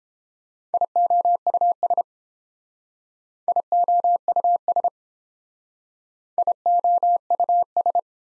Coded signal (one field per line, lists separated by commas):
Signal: Morse code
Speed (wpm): 30 wpm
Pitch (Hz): 700 Hz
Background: none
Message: IOUS IOUS IOUS